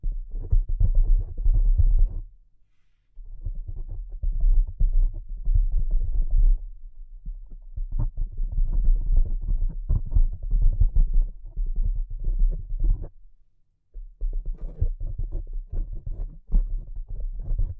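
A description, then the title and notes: Delicate, muffled tapping in dense, rapid runs with a low, rumbling thud, pausing briefly around two and thirteen seconds before resuming. ASMR Delicate Tapping (No Talking).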